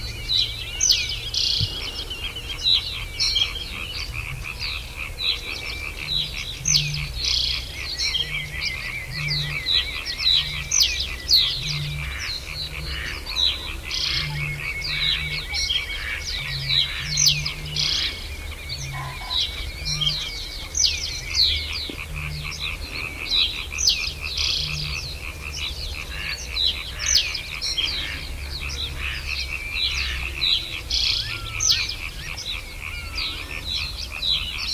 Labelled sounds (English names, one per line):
Reed Bunting